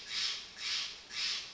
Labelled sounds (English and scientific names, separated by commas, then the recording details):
Steller's Jay (Cyanocitta stelleri)
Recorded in Sonoma County, California